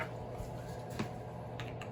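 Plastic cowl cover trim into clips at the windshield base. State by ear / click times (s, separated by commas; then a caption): not seated / none. A plastic windshield wiper cowl cover trim on a 2007–2014 Ford Expedition is being pressed back into its clips at the base of the windshield. Steady low background noise is broken by a few brief, faint ticks of handling around 1.0, 1.6 and 1.8 seconds. Nothing has seated or clicked yet.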